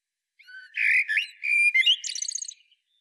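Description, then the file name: Eurasian blackbird delivering one phrase: soft low whistle, then a rich fluty warble, finishing in a quick run of thin, high chattering notes. "Turdus merula"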